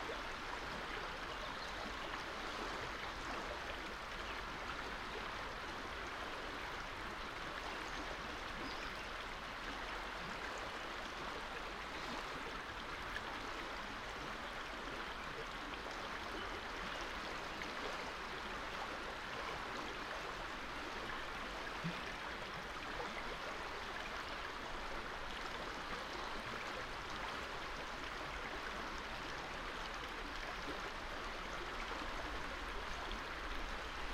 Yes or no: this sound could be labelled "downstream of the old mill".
yes